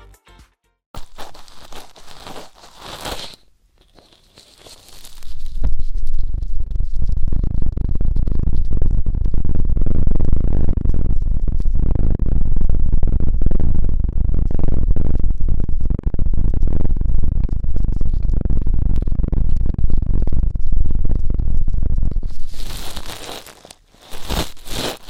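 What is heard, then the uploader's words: Ear-cleaning ASMR sounds: crisp, hissing scratches open the first few seconds, then a dense, continuous rumbling rub takes over from about 5 to 22 seconds, loud and busy with crackly texture. Bright, sharp scratching returns near the end before it fades. ASMR Intense Electrifying Ear Cleaning.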